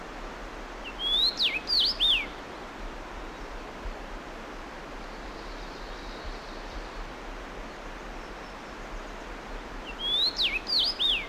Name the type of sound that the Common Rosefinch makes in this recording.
song